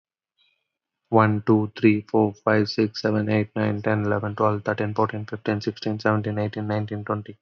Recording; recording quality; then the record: counting at a fast pace; excellent, no background noise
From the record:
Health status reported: healthy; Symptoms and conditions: none ticked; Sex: male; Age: 26 years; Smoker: yes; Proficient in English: yes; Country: India